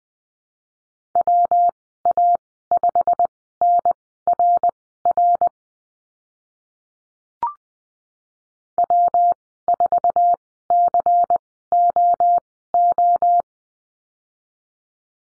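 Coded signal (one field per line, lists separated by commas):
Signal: Morse code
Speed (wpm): 20 wpm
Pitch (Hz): 700 Hz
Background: none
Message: WA5NRR W4COO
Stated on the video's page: Morse code course lesson on call signs, Farnsworth speed 20/10 wpm.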